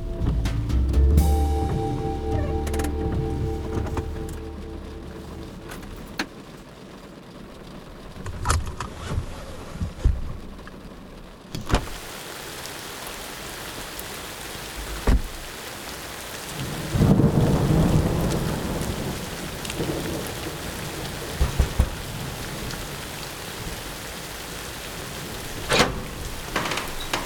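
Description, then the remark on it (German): A thunderstorm with steady rain hissing throughout, broken by several deep, rumbling thunderclaps that swell loudly and fade, with sharper cracks around the middle and end. “Dicke Gewitterwolken hatten sich in den letzten Stunden zusammengezogen. Irgendwann musste sich die unerträglich angestaute Hitze der letzten Tage ja entladen.”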